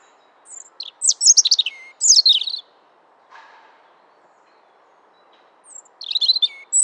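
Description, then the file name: European robin song: two bursts of high, jumbled warbling notes, a brief low rustle, then another phrase starting after a pause. "Erithacus rubecula"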